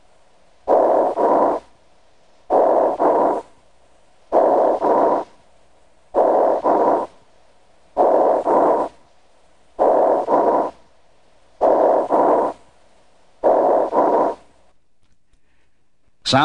Bronchial breath sounds have a hollow or tubular quality and are high-pitched. They remain audible during inspiration and expiration. These sounds may be auscultated with either the bell or diaphragm of the stethoscope. Bronchial breath sounds over an area of lung tissue consolidation caused by pneumonia.